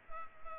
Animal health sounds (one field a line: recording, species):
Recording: mosquito wingbeat signal from an infrared sensor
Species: Culex pipiens